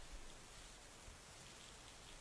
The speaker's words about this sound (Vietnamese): rồi đứng im như khúc gỗ, mặc cho nước mưa cứ lao vào.